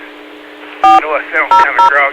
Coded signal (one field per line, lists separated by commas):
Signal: DTMF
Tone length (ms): 150 ms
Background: speech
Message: 400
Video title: N5CG - CAUHF | W5DI - C.A.R.E.N Club |Amatuer Radio Repeaters